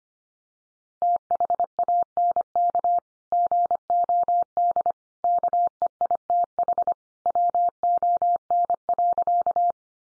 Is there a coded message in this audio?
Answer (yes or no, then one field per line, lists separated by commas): yes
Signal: Morse code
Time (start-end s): 1.0-9.7 s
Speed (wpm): 25 wpm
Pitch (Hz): 700 Hz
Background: none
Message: THANK GOD KEITH WON.